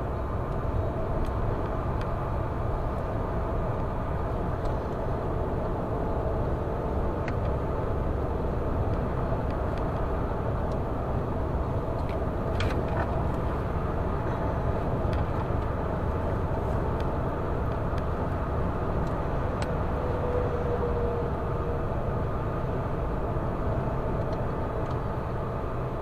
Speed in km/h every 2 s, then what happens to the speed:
115, 115, 116, 119, 123, 124, 126, 126, 126, 127, 127, 124, 122.
0-12 speeds up to 126. 12-21 steady at about 126.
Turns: none.